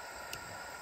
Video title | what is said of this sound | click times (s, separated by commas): Tent Camp Journal entry 11 | snaps in place I mean it's uh | 0.3 s